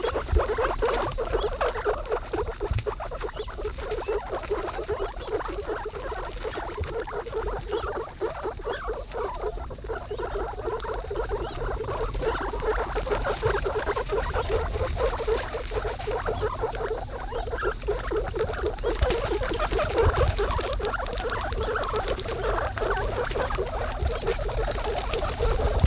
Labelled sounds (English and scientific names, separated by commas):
Guinea Pig (Cavia porcellus) call